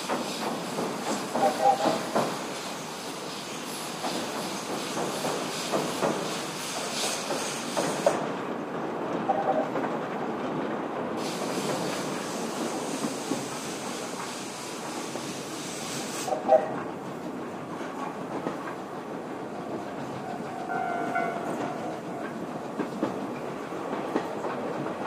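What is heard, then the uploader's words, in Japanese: A train rumbles steadily across a bridge, dense clatter throughout, with sharp squeals near two and sixteen seconds and bright hiss that drops out twice. SL人吉号、球磨川橋梁を渡る。音源はまだ災害に遭う前のSL人吉号。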